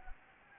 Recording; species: mosquito wingbeat signal from an infrared sensor; Anopheles gambiae